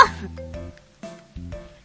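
An adult man coughing, with a cold caught the week before, a throat that is still very bad, and ongoing coughing that troubles him most.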